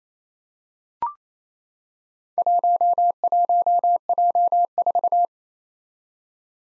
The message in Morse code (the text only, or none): 11J4